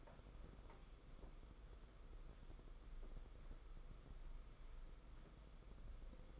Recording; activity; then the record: daily activity, microphone in the room; walk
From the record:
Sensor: 5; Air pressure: 990.9 hPa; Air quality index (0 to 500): 148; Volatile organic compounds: 152 ppm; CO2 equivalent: 4033 ppm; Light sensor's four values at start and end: 40/125/48/51 and 40/125/48/51